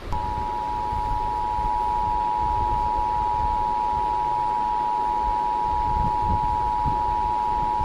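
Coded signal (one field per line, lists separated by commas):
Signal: Emergency Alert System (SAME) tones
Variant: 853 and 960 Hz attention tone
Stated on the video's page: Simulated EAS alert tones for a mock North Carolina thunderstorm warning scenario.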